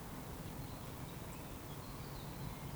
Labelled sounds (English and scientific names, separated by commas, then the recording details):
Eurasian Woodcock (Scolopax rusticola) whistle
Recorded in Baden-Württemberg, Germany, on 12 June 2020 at 19:39 UTC
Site 14569, 102 m above sea level